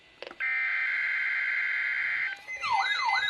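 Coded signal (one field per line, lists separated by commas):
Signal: Emergency Alert System (SAME) tones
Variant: header bursts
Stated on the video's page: Real Required Weekly Test alert.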